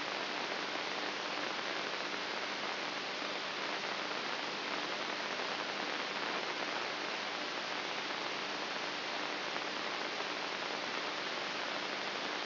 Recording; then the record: brain microelectrode recording played as sound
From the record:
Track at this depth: inside the subthalamic nucleus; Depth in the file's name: 5.44 mm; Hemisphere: right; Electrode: 3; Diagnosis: Parkinson's disease